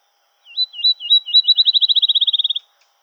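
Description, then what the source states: Field sparrow song: a few slow, clear slurred whistles that speed up into a fast, even trill, about two seconds long, against a quiet, clean background. Recorded on 8 July 2007.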